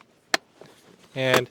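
The plastic belt-lock arm on a Graco Turn2Me 3-in-1 convertible child car seat is pressed down onto the tightened vehicle seat belt, clamping it, and it snaps shut with a single sharp, loud click at 0.3 s. The lock is seated, and shortly afterward someone talks.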